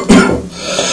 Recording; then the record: coughing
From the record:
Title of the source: Residual Phlegmy Morning Coughing and Gagging